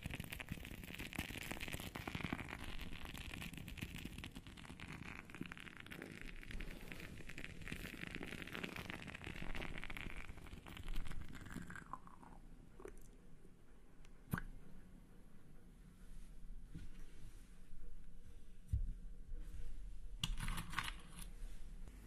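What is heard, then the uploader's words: A bath bomb fizzes with a dense, crackling hiss for the first eleven seconds or so, bright. The fizz then fades to a quieter low rumble, broken by occasional sharp clicks and soft taps near the end. Bath bomb.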